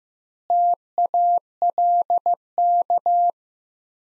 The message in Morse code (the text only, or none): TALK